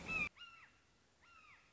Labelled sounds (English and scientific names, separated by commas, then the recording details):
Red-shouldered Hawk (Buteo lineatus)
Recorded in Sonoma County, California